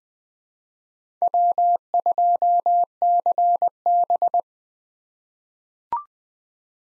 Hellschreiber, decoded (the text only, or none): none